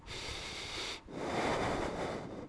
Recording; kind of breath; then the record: one breath in and out by a microphone near the nose and mouth; deep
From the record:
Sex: male